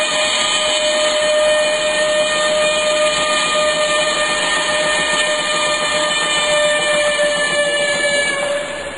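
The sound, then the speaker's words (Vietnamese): A steam train whistle blows in one long, steady, piercing tone lasting several seconds, layered over a loud continuous hiss and rumble of the locomotive getting under way as it pulls out of a railway station bound for Saigon. “Khi hai đứa nó tới thì xe lửa rút mà chạy ra Sài Gòn.”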